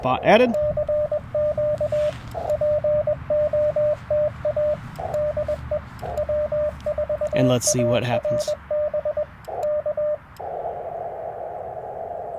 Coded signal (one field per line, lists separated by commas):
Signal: Morse code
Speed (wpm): 20 wpm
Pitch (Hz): 600 Hz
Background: speech, radio noise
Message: E CQ POTA DE W4ARB K